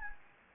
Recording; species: mosquito wingbeat signal from an infrared sensor; Anopheles gambiae